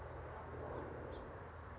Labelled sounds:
House Finch (Haemorhous mexicanus)
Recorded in Sonoma County, California

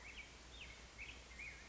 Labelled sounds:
Black-headed Grosbeak (Pheucticus melanocephalus)
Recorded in Sonoma County, California

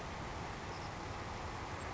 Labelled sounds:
Savannah Sparrow (Passerculus sandwichensis)
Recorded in Sonoma County, California

